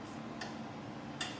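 A clear plastic headlight release lever in the front body of a truck is reached from behind the headlight area and pulled down. A faint tick at 0.4 s comes before a sharper click at 1.2 s as the lever clicks down and releases.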